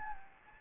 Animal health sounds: mosquito wingbeat signal from an infrared sensor; Anopheles gambiae

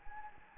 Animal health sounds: mosquito wingbeat signal from an infrared sensor; Anopheles gambiae

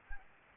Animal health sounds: mosquito wingbeat signal from an infrared sensor; Anopheles gambiae

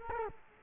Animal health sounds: mosquito wingbeat signal from an infrared sensor; Culex quinquefasciatus

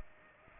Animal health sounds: mosquito wingbeat signal from an infrared sensor; Aedes aegypti

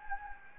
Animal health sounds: mosquito wingbeat signal from an infrared sensor; Anopheles gambiae

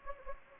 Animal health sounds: mosquito wingbeat signal from an infrared sensor; Anopheles gambiae

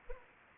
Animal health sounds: mosquito wingbeat signal from an infrared sensor; Anopheles arabiensis

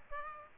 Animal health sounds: mosquito wingbeat signal from an infrared sensor; Aedes aegypti

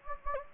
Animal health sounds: mosquito wingbeat signal from an infrared sensor; Anopheles gambiae

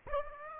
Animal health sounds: mosquito wingbeat signal from an infrared sensor; Aedes aegypti

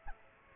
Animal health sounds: mosquito wingbeat signal from an infrared sensor; Aedes aegypti

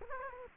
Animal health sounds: mosquito wingbeat signal from an infrared sensor; Culex quinquefasciatus

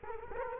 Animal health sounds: mosquito wingbeat signal from an infrared sensor; Culex quinquefasciatus

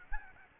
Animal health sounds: mosquito wingbeat signal from an infrared sensor; Aedes albopictus

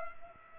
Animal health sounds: mosquito wingbeat signal from an infrared sensor; Culex pipiens

